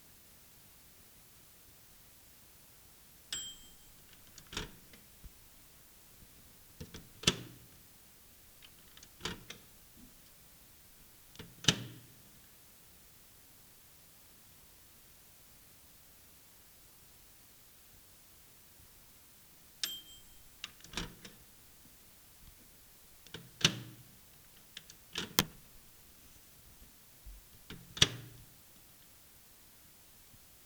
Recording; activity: daily activity, guitar pickup as the sensor; use microwave